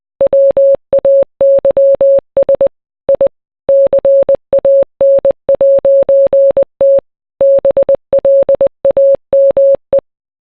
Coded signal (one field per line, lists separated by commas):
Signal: Morse code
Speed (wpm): 20 wpm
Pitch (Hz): 550 Hz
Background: none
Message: WAYS I CAN'T BLAME